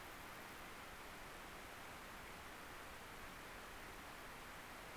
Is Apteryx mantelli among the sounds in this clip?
no